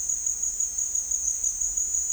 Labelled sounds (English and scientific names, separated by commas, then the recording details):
none
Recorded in dense forest near Puerto Asís, Putumayo, Colombia, on 13 March 2025 at 16:00
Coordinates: 0.499, -76.324
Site GP03